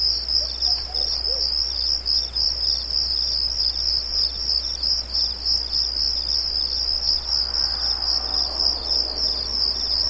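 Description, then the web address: Crickets sing a steady, high-pitched, rhythmic chorus, with a few faint low calls early on and a soft rushing noise later. Night ambience of light, high-pitched, rhythmic crickets. "Nature Ambiences Night Ambience Light High-pitched Crickets Rhythmic"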